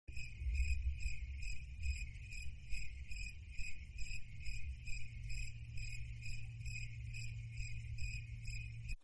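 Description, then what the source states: Cricket chirping steadily, short high pulsed bursts repeating without pause, over a low constant hum. Recorded at midnight.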